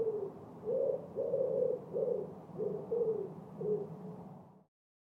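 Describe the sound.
Bird cooing in soft, low hollow notes, several in a row, with a low rumbling background hum throughout.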